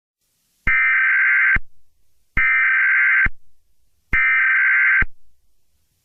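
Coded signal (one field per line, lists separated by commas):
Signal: Emergency Alert System (SAME) tones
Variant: header bursts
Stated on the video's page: Fictional made-up EAS scenario, not a real alert.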